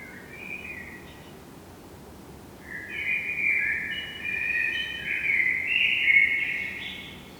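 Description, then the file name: Eurasian blackbird song: a soft opening warble, then an extended rich, fluted phrase with rising, twittering high notes. "Turdus merula"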